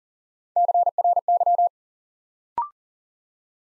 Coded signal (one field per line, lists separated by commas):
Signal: Morse code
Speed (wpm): 41 wpm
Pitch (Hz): 700 Hz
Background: none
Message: CRY